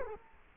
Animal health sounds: mosquito wingbeat signal from an infrared sensor; Culex quinquefasciatus

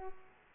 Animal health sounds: mosquito wingbeat signal from an infrared sensor; Culex pipiens

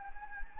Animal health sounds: mosquito wingbeat signal from an infrared sensor; Anopheles gambiae

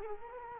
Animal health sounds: mosquito wingbeat signal from an infrared sensor; Culex quinquefasciatus

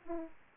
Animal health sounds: mosquito wingbeat signal from an infrared sensor; Aedes aegypti

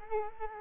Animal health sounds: mosquito wingbeat signal from an infrared sensor; Culex quinquefasciatus

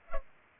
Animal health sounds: mosquito wingbeat signal from an infrared sensor; Culex pipiens

